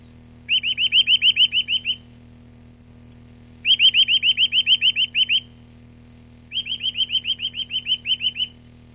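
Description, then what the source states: Eurasian nuthatch song in three rapid trills of quick rising whistled notes, separated by short pauses. Recorded 29 April 1994.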